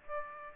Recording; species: mosquito wingbeat signal from an infrared sensor; Aedes aegypti